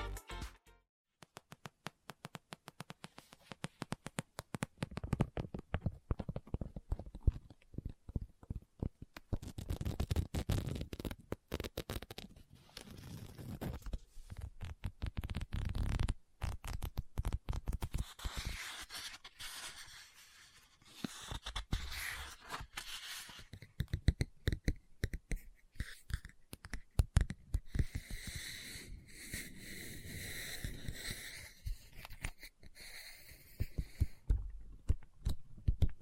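Tapping, scratching and page turning on a book fill the recording with dense, irregular clicks and taps. Early on the taps come fast and crisp; later stretches bring longer scratchy strokes and brighter rustling swishes, especially from around 27 seconds onward.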